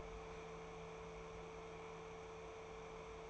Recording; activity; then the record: daily activity, microphone in the room; open fridge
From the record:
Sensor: 1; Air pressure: 1015.0 hPa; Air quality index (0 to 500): 192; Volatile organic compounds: 21 ppm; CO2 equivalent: 2713 ppm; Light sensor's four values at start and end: 10/24/9/11 and 10/24/9/11